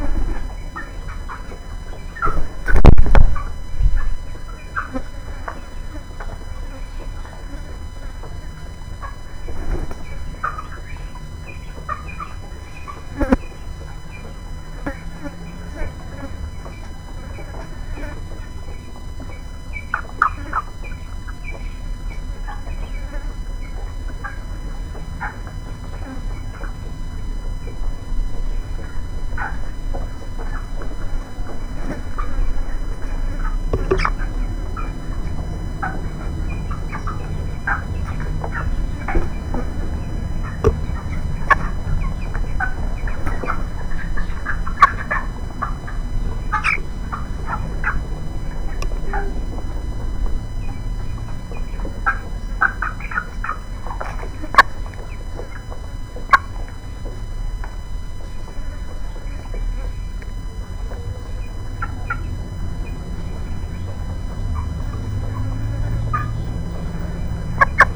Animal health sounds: poultry house recording; background noise or bird activity such as feeding and pecking

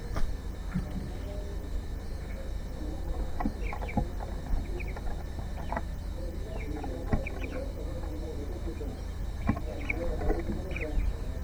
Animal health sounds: poultry house recording; healthy chickens

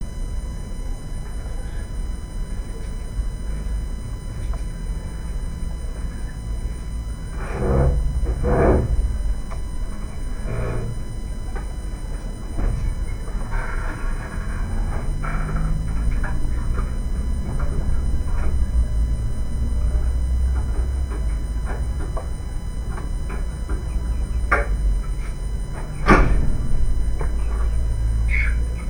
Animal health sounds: poultry house recording; background noise or bird activity such as feeding and pecking

